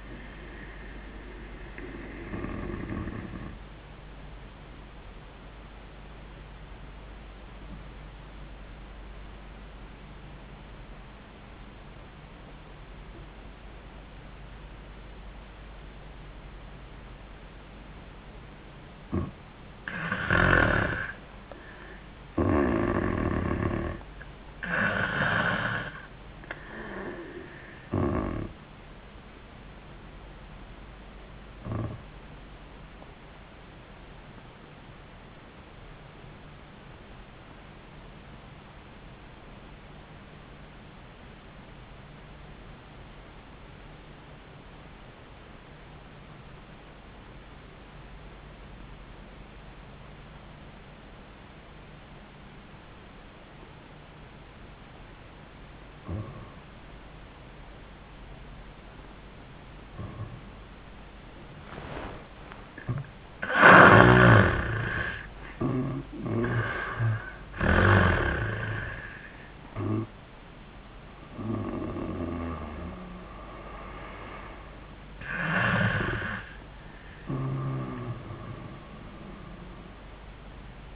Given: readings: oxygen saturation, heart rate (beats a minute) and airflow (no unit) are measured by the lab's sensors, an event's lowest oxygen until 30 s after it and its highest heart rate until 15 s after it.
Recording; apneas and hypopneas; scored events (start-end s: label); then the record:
breathing in sleep by a voice recorder at the bedside; 2
3.00-20.80 s: obstructive apnea (N1, oxygen 96% highest, then 90% lowest, heart rate 85 at the start, 85 highest)
31.00-59.50 s: obstructive apnea (N1, oxygen 95% highest, then 78% lowest, heart rate 74 at the start, 88 highest)
From the record:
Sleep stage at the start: N1 (lightest sleep); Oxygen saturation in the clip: 79 to 96%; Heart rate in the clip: 72 to 88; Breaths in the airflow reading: 11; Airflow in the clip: -20.7 to 10.0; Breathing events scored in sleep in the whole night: 400 in 8.7 hours asleep